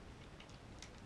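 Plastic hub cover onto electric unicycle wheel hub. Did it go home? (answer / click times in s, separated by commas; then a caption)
yes / 0.4 s, 0.8 s. A plastic hub cover is pressed onto the wheel hub of a Backfire Ranger X1 electric unicycle while the second side is refitted after a tire swap. Two small, quiet clicks are heard at 0.4 s and 0.8 s, and the cover snaps into place correctly.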